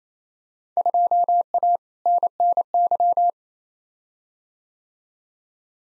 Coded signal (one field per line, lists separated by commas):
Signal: Morse code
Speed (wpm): 28 wpm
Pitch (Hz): 700 Hz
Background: none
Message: 2A NNY